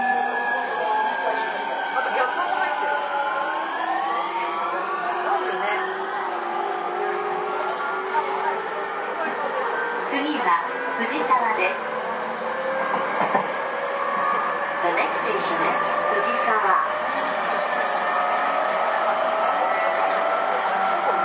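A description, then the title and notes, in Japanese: A JR E231 series train runs, its motor whine gliding upward in pitch over the first five seconds, then settling into a steady layered hum. Scattered clicks and knocks from the wheels recur throughout, with some talk mixed in underneath. JRE231系 伊東〜横浜。区間は伊東線→東海道線です。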